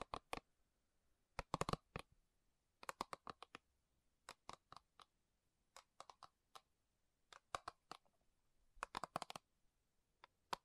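Slow metal tapping in short, sharp clicks, arriving in loose clusters with brief gaps between, irregular in pace over near-silence.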